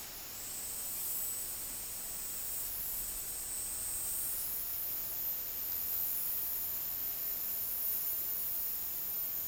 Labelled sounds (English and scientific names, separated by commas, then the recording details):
none
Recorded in dense forest near Puerto Asís, Putumayo, Colombia, on 24 March 2025 at 15:30
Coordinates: 0.503, -76.323
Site GP09